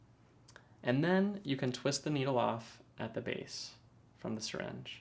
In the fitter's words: we wanna put it on the table or a hard surface, press down til you hear the click,